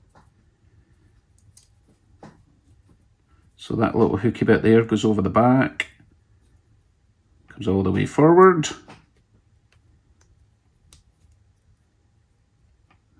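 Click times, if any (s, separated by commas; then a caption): none. A plastic retaining clip for a model locomotive frame or shell has its back hook set in place, then is moved all the way forward and lined up before being pushed home. Someone talks while small handling ticks sound around it, with the loudest at about 1.6 s and 10.9 s. Nothing has seated or clicked yet.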